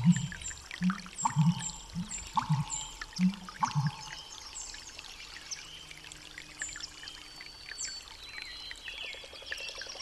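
Frogs croak in a quick run of low, rounded pulses for the first four seconds, about two per second, then fall away to a faint low hum. High bird chirps and thin whistles repeat throughout over a soft, steady wash of background noise.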